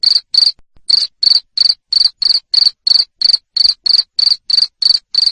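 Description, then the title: Cricket producing clipped, piercing chirps at a regular pace of about three per second, with a short gap near the start. Loud cricket chirping (jangkrik ngerik) played to stimulate lovebirds into continuous singing (ngekek). "Suara JANGKRIK NGERIK Keras Bikin LOVEBIRD Jadi NGEKEK Terus Vubey"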